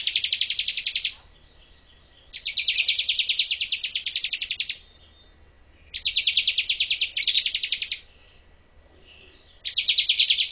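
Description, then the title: Bar-winged prinia giving several bursts of rapid, harsh buzzy notes, each lasting one to a few seconds, with short pauses between. Female. "Burung Ciblek Betina"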